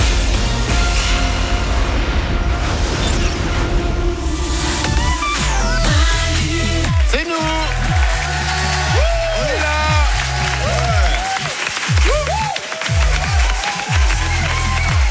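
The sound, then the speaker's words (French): A live studio audience applauds and cheers loudly and continuously during the 'Manu dans le 6-9' morning show on the radio station Énergie, recorded in public at 6:34 on Monday 25 June. Dense clapping fills the whole stretch while rising whoops and shouted voices swoop in and out above it. “Sur Énergie, 6h34, c'est lundi, c'est le 25 juin, vous avez le droit de faire du bruit. La France vous écoute. Oui, vous continuez, on aime bien hein, se faire plaisir.”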